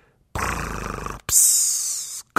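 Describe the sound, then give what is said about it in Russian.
During a reading of a Karlsson story, a voice imitates the snoring of Uncle Julius: one loud, rattling, buzzy inhale, then a brief pause and a long airy, hissing exhale. “Но потом дяде Юлиусу приснился, видимо, кошмар, потому что его храп стал звучать так жалобно.”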